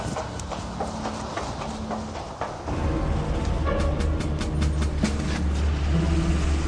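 A car engine starts up and revs, settling into a steady low rumble as the vehicle drives off, with scattered clicks and knocks over the first few seconds.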